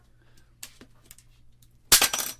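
A stainless steel pop rivet is set with a hand pop riveter into the kit's metal parts, squeezed until the mandrel snaps and the rivet sets with a sharp pop at 0.6 s. Fainter ticks follow near 0.8 and 1.1 s, then a loud, bright, crackling burst runs from about 1.9 s to the end. The rivet is confirmed seated.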